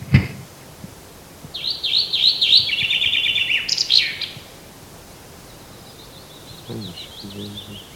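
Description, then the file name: Common chaffinch song: a quick cascade of sweet descending notes finishing with a loud flourish, followed by a fainter second song and a few low knocks. "Fringilla coelebs"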